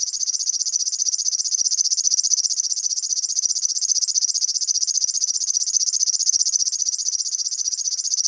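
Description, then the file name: River warbler reeling song, a continuous high buzzy trill of rapid even ticks, sustained without pause for the whole stretch. "Flodsangare"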